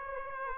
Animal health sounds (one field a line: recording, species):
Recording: mosquito wingbeat signal from an infrared sensor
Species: Aedes aegypti